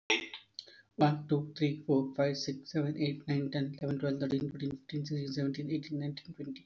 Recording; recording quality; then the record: counting at a fast pace; excellent, no background noise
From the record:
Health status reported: respiratory illness, not identified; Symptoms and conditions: hypertension, diabetes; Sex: male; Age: 31 years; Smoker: not ticked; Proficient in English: yes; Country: India